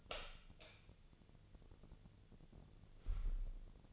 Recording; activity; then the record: daily activity, microphone in the room; light on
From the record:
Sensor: 4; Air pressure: 1000.9 hPa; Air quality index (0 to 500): 124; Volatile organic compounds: 1 ppm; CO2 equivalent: 928 ppm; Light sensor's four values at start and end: 32/78/33/35 and 34/86/35/38